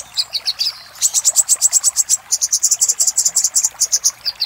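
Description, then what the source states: Little spiderhunter song: rapid, high, sharp notes repeated in dense runs of chips. Master recording for training cage birds; local name sogok ontong.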